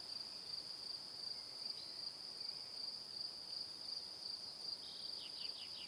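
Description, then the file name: Cricket chirping stays high and steady, with a short burst of descending notes near the end. Evening. "Calm - Evening Crickets"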